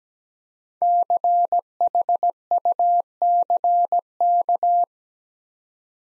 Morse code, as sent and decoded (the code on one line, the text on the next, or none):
-.-. .... ..- -.-. -.-
CHUCK